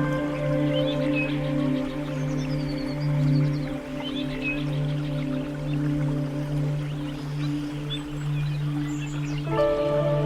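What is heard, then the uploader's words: Calm music holds one low, humming drone throughout, with faint chirps scattered above, and a brighter tone joins just before the end. Calming Music - Nature Sounds, Zen Music.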